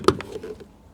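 Wing mirror glass on a Vauxhall Corsa D (Opel Corsa D), lined up with the circles on the motor mount inside the door mirror housing, is pushed firmly into place. A sharp click at 0.1 s shows it has locked onto the motor, followed by a weaker click at 0.2 s and a few faint knocks. The glass is seated.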